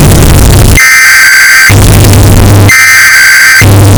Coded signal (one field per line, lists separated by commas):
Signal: Emergency Alert System (SAME) tones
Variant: header bursts